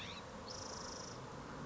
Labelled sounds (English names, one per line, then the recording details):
California Scrub-Jay
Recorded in Sonoma County, California